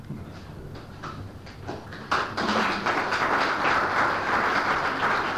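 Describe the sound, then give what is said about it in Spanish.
A lecture audience breaks into applause, scattered claps at first that swell after a couple of seconds into steady, dense clapping that stays loud to the end. “El aplauso es contra la naturaleza del tema.”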